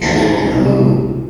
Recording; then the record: squeal of a Yucatan mini pig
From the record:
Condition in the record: before surgery on the right vocal fold (resection and tissue-engineered implant); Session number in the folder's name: 1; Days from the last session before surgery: -3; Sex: male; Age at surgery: 12 weeks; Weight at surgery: 13 kg